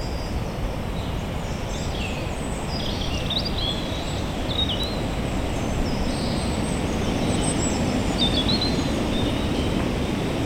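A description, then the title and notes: Wind rushes steadily through Limbrick Woods, a dense, low roar that holds level for the whole ten seconds and swells slightly toward the end. Above it, birds chirp and twitter in short, bright bursts, scattered throughout, busiest in the middle and near the end. Tile Hill: Listening to the wind in Limbrick Woods, opposite Jardine Crescent. The birds and the wind above you, to your side, in front and behind. The recordings were captured using a binaural microphone between January and April 2022.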